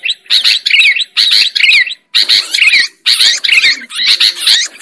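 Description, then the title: Lovebird chatter: short raspy, high squeaky phrases separated by brief silences. Lovebird sound used as a lure for trapping birds. "PIKAT BURUNG LOVEBIRD"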